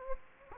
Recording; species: mosquito wingbeat signal from an infrared sensor; Anopheles gambiae